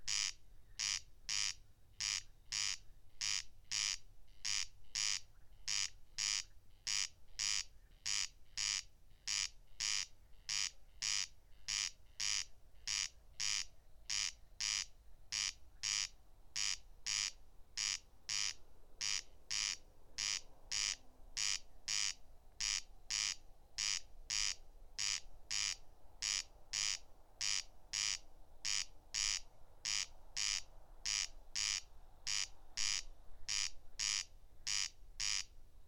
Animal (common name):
Corn Crake